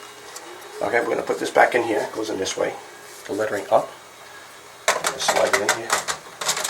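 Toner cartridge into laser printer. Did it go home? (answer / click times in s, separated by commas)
no / none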